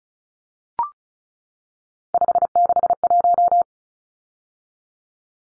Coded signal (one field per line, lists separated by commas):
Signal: Morse code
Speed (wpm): 34 wpm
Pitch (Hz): 700 Hz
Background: none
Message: 561